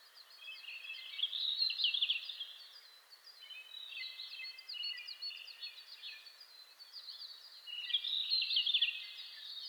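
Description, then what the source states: Red-flanked bluetail song: bright trilling, warbled phrases near the start and again near the end, over a continuous backdrop of other birds singing. Recorded 27 May 2007 at 04:26.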